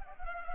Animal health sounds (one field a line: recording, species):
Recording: mosquito wingbeat signal from an infrared sensor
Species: Culex pipiens